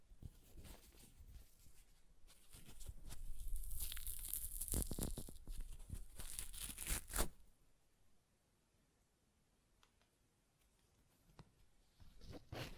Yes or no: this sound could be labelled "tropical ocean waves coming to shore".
no